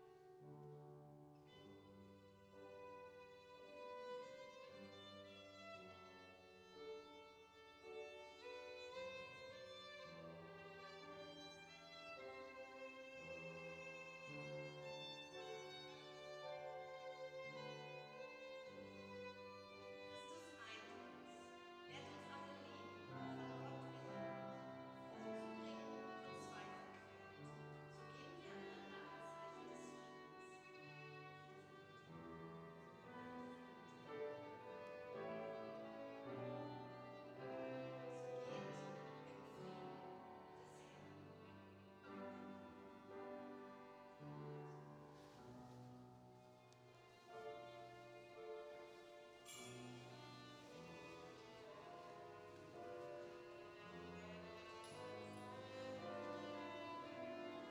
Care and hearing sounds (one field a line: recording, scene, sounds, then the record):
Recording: everyday scene through a hearing-aid microphone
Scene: reverberant space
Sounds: music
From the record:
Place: church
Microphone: in the ear canal, right